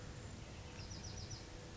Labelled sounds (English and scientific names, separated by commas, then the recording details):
Bewick's Wren (Thryomanes bewickii)
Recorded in Sonoma County, California